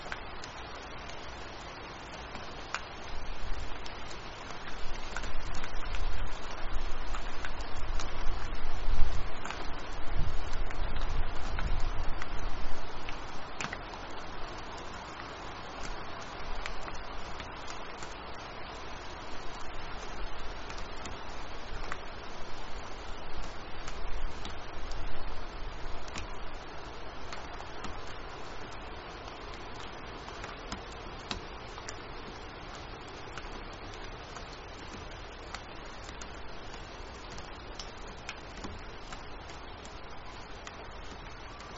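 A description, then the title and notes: Rain and wind make a dense, continuous hiss with fine ticking patter throughout. Low rumbling gusts swell between about 3 and 13 seconds, ease, rise again around 20 to 27 seconds, then settle into a quieter, steadier wash. Windy Rain Sleep Sounds.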